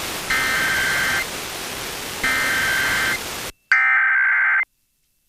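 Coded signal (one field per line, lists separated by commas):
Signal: Emergency Alert System (SAME) tones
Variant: header bursts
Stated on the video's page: National test received from FM broadcast stations in the Springfield and Hartford area, recorded via baseband file.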